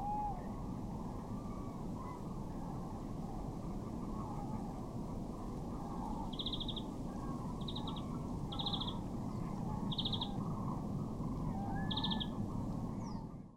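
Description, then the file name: European greenfinch calls, five short trilled notes spaced roughly a second or more apart, over loud continuous low rumbling noise. "Chloris chloris"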